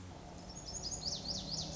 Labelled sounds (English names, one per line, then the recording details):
Lazuli Bunting
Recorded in Sonoma County, California